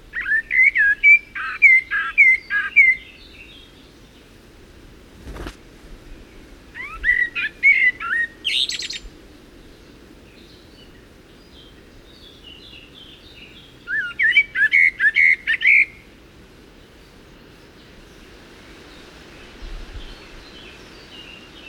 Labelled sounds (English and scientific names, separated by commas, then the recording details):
Common Blackbird (Turdus merula) song
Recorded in the wild
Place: Ciucurova, Dobrogea, RO
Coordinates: 44.933, 28.483
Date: 1976-05-29 08:50
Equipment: Nagra III BH, Sennheiser MD 21, parabola
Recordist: Schubert, Michael